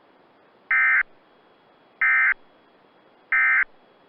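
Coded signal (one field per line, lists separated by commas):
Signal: Emergency Alert System (SAME) tones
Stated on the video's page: Weather alert broadcast on Weather Radio Canada.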